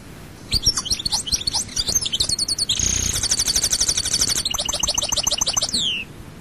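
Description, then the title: European goldfinch song, a rapid run of high twittering and tinkling notes with buzzy trills, ending in a descending slurred note. "Chant Chardonneret"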